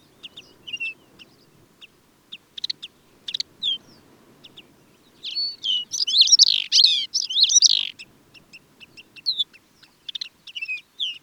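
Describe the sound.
Lapland longspur calls: short, sharp high chirps and dry rattled notes scattered irregularly, with a dense burst of overlapping chirps midway, then sparser single notes again.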